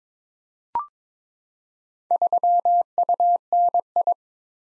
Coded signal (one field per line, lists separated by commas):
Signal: Morse code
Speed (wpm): 22 wpm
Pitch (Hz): 700 Hz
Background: none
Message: 3UNI